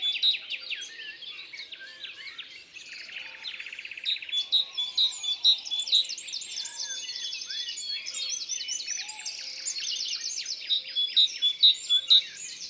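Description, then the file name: Great tit song within a busy chorus of many songbirds, rapid repeated trills and chirps overlapping throughout, with sharp louder notes near the end. Isère, France. "Mesange-charbonniere-Concerts-naturels-de-l Isere-Studio-Les-Trois-Becs"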